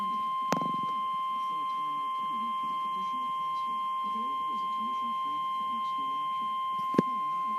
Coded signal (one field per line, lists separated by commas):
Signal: Emergency Alert System (SAME) tones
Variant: 1050 Hz attention tone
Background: speech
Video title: Required Weekly Test-(EAS #101)